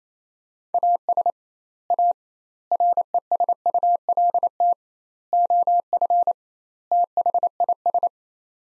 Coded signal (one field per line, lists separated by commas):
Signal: Morse code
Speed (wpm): 28 wpm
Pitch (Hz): 700 Hz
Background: none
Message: AS A RESULT OF THIS